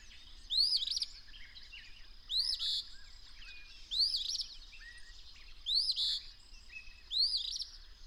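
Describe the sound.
Bird song: five upswept whistles, each ending in a buzzy burst, with quiet chirps between.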